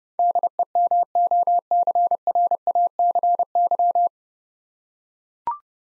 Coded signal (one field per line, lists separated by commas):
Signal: Morse code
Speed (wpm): 30 wpm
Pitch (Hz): 700 Hz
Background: none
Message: DEMOCRACY